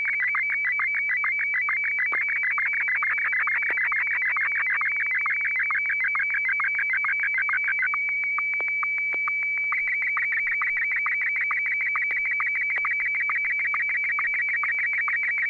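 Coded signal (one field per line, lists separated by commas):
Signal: SSTV (slow-scan television)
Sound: rapid warbling whistle between mid and high pitch, ticking with steady rhythmic sync chirps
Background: radio hum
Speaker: I'll transmit first, since I didn't get a chance to get a photo out last week. I'll get one out,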